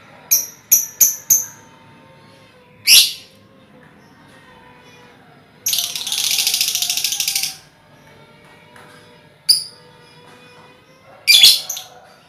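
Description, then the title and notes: Lovebird uttering quick high chirps, a long continuous buzzy trill lasting about two seconds, then scattered sharp squeaks. Ngekek song, used as a lure song (kicau pancingan). "Master Kicau Lovebird ngekek, kicau pancingan"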